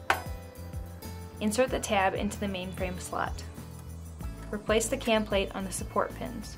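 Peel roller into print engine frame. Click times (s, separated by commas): 0.1 s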